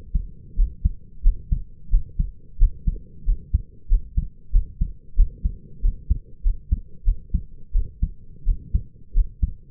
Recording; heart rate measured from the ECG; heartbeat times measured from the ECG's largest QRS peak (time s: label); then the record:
heart sounds by stethoscope; 91 bpm
0.56 s: heartbeat
1.23 s: heartbeat
1.90 s: heartbeat
2.58 s: heartbeat
3.25 s: heartbeat
3.89 s: heartbeat
4.52 s: heartbeat
5.16 s: heartbeat
5.82 s: heartbeat
6.43 s: heartbeat
7.05 s: heartbeat
7.73 s: heartbeat
8.45 s: heartbeat
9.13 s: heartbeat
From the record:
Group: healthy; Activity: cold pressor test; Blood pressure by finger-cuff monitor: 95/66 mmHg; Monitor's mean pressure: 76 mmHg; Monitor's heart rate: 90 bpm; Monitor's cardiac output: 6.2 L/min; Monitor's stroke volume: 68 mL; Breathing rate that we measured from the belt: 22 breaths a minute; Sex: male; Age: 22 years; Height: 181 cm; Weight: 60 kg